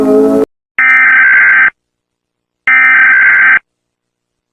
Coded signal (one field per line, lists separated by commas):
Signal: Emergency Alert System (SAME) tones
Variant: header bursts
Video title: Mr Increíble Perturbado (Escuchas Está Alarma de/EAS ALARM) - Parte 13 | 13/15